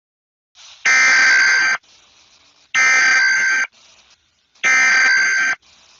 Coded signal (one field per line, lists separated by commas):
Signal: Emergency Alert System (SAME) tones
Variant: header bursts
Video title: eas scenario: meowbahh the murderer part 1